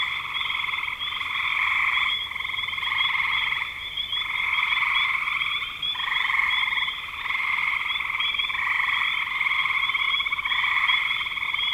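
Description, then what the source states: Chorus of frogs giving pulsed, trilling calls in long overlapping bouts, with a short dip before the six-second mark. Spring 2025.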